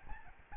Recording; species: mosquito wingbeat signal from an infrared sensor; Aedes albopictus